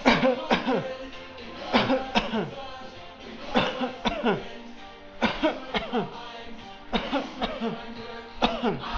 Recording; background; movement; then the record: voluntary coughing; music; walking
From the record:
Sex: male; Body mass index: 20.6 kg/m2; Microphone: on the chest, facing outward